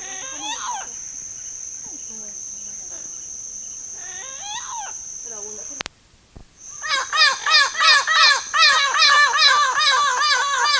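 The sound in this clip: Bird calls: scattered wavering harmonic notes, a brief break, then a loud fast chattering series of arched notes repeated several times a second, with a steady high whine.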